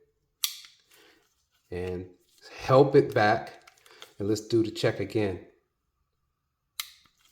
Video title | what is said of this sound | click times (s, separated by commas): Staccato P sear spring adjustment not for the faint or heart | all right you heard the click let's do a full click | 0.4 s